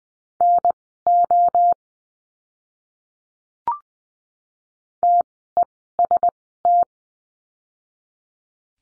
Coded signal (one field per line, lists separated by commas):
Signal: Morse code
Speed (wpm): 20 wpm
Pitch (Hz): 700 Hz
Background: none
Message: NO TEST